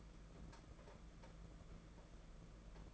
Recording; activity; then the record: daily activity, microphone in the room; take from stove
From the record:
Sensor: 5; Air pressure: 992.1 hPa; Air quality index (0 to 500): 210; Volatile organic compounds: 1000 ppm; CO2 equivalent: 6088 ppm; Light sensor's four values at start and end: 7/17/7/7 and 7/17/7/7